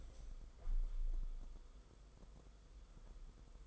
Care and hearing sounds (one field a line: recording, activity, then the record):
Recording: daily activity, microphone in the room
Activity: open window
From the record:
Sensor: 5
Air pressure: 990.5 hPa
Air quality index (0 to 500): 164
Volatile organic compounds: 302 ppm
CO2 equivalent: 4487 ppm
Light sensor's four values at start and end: 17/39/16/18 and 17/40/16/18